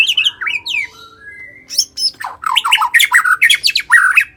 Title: murai batu